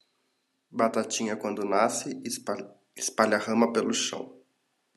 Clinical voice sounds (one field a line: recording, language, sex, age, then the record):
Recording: short text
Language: Brazilian Portuguese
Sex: male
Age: 20 to 29 years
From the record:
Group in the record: control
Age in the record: 27 years